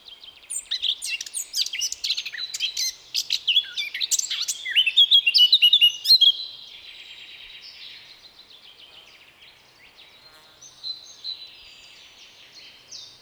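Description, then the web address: Eurasian blackcap singing a rapid, jumbled warble for about six seconds, then near silence with a faint, softer warbling phrase later. "SETE Sylvia atricapilla"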